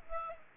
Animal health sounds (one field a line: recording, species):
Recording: mosquito wingbeat signal from an infrared sensor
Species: Aedes aegypti